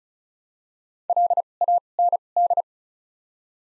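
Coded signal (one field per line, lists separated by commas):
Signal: Morse code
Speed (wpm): 36 wpm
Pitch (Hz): 700 Hz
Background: none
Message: L A N D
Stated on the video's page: Morse practice set at 35 wpm using Top 200 words with 2x character spacing (Farnsworth-style timing).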